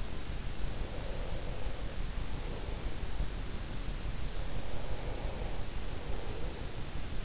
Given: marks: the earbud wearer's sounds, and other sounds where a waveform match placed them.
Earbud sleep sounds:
sounds in sleep by an in-ear microphone; breath
0.40-2.99 s: breath
4.02-6.87 s: breath

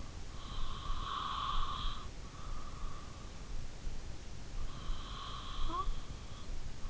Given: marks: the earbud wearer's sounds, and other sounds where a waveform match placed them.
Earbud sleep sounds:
sounds in sleep by an in-ear microphone; breath
0.04-2.79 s: breath
4.44-6.90 s: breath

